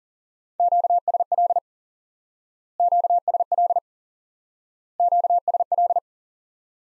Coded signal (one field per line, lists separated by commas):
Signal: Morse code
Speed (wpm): 40 wpm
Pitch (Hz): 700 Hz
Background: none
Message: QSL QSL QSL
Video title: Course 3 - Lesson 51 - QRQ - Single Element Repeated